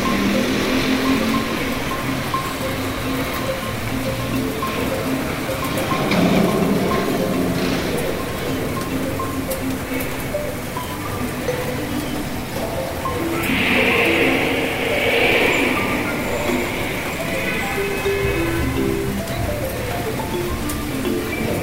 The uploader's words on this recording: The Great Mouse Hunt has shifted to a rainy day in the city.